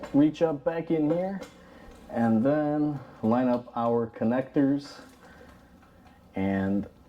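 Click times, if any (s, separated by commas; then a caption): none. A wiring harness connector is lined up by hand with a VVT solenoid on a Nissan Altima 2.5L, reached from behind the engine during solenoid replacement for lack of power and an engine light. Someone talks throughout, with no distinct clicks. The connector has not seated or snapped on yet.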